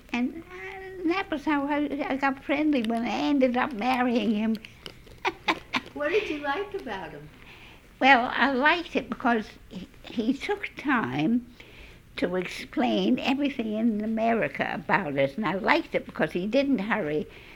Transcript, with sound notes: And that was how I got friendly and I ended up marrying him. ( she laughs )
What did you like about him?
Well, I liked him because he took time to explain everything in America about us, and I liked it because he didn't hurry.